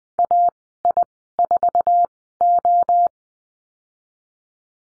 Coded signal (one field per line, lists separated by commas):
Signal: Morse code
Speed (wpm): 20 wpm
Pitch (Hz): 700 Hz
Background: none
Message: AI4O